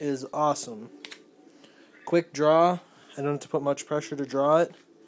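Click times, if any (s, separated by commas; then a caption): none. Someone talks while handling a small pistol with a Fobus K2 TG plastic paddle holster after a quick draw, with two faint handling sounds at about 1.1 and 1.6 seconds between the speech. The pistol has not yet gone back into the holster, and nothing has seated or clicked yet.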